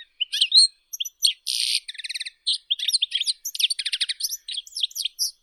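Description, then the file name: European goldfinch singing a quick jumble of twittering notes, buzzy rasps and short trills, almost without a break. "Golosa ptic - CSHegol Carduelis carduelis"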